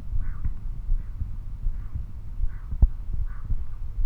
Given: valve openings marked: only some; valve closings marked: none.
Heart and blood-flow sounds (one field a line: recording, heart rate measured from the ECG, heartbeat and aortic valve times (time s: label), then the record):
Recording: heart sounds by stethoscope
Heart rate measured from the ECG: 78 bpm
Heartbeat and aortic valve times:
0.14 s: heartbeat (ECG mark)
0.16 s: aortic valve opens (echo mark)
0.90 s: heartbeat (ECG mark)
0.96 s: aortic valve opens (echo mark)
1.64 s: heartbeat (ECG mark)
2.41 s: heartbeat (ECG mark)
2.48 s: aortic valve opens (echo mark)
3.20 s: heartbeat (ECG mark)
3.27 s: aortic valve opens (echo mark)
3.99 s: heartbeat (ECG mark)
From the record:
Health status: healthy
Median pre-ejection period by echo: 74 ms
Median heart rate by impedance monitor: 77 bpm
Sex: male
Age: 20 years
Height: 181 cm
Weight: 68 kg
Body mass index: 20.76